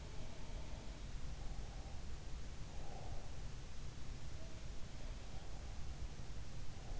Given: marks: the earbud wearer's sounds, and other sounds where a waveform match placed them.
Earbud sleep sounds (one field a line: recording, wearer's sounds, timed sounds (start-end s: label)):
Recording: sounds in sleep by an in-ear microphone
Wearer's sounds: breath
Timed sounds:
0.00-1.03 s: sound from someone else or the room
1.43-3.41 s: breath